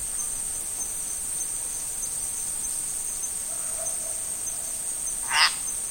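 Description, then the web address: Insects giving a continuous high-pitched shrill, with a brief low call midway and a short sharp chirp near the end. Tropical forest insects. "Tom Hutchings Insects Tropical"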